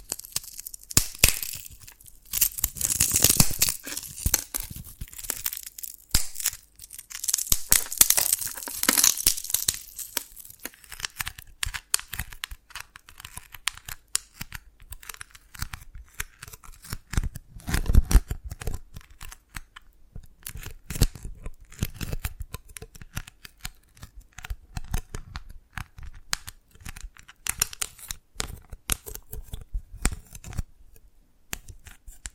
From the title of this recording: Dalgona Candy Challenge Tapping, Cracking Triggers